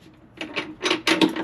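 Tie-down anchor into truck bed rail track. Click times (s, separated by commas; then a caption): 1.1 s. A Versatrax Railtrax metal bed tie-down is dropped into a truck bed rail track and pushed forward with a few short scraping rattles. At 1.1 s its spring locking pin snaps into a groove with a sharp metallic click, followed by a second clack just after. The tie-down is seated and locked in the track.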